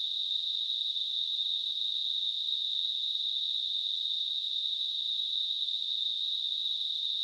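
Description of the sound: Simulated tinnitus: a steady, unchanging narrowband hiss centred near 4 kHz, with no low-frequency content, holding a constant level throughout.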